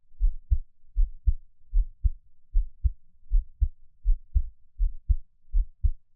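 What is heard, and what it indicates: A gentle, calm adult heartbeat heard through a close microphone, with no talking. Normal heart sounds.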